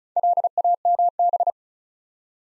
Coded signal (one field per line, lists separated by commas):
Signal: Morse code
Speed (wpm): 36 wpm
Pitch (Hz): 700 Hz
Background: none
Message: LAMB